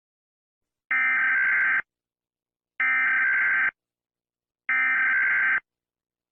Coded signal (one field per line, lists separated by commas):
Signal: Emergency Alert System (SAME) tones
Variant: header bursts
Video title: EAS Scenario 6: Super Anemoi